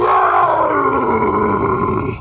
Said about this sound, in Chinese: 杜隆坦听到身后传来一声战吼一般的咆哮，他的心立刻一沉。像杜隆坦一样，奥格瑞姆也正处于变声期，声音并不像成年男性那样低沉。不过杜隆坦不得不承认，这声咆哮实在有模有样。